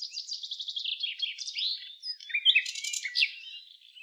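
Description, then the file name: Common nightingale song opening with a quick series of repeated notes, then sliding whistles and a loud rattled burst before fading. "Luscinia megarhynchos"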